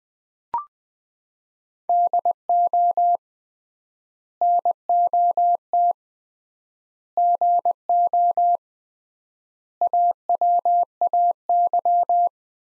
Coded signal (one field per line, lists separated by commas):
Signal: Morse code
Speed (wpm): 20 wpm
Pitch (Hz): 700 Hz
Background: none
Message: DO NOT GO AWAY